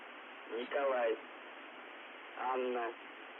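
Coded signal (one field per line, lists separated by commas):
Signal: numbers station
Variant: UVB-76, Russian voice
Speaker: what is he reciting a bunch of numbers and letters in Russian or what yeah this transmission is from this specific one is from December 24th 1997 it was the first recorded vocal transmission of the stop of the buzzer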